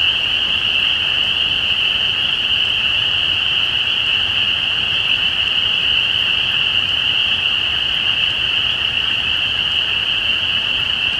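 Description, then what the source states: Massed spring peepers give a continuous high-pitched chorus, their overlapping peeps forming a steady, even ringing tone. Recorded at Easter 2017.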